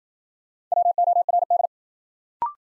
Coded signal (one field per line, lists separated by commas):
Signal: Morse code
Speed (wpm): 53 wpm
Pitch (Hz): 700 Hz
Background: none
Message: WORD